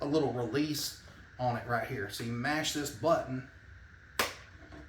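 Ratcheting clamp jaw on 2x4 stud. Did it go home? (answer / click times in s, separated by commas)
yes / 4.2 s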